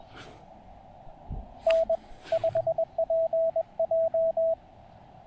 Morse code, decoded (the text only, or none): N5PJ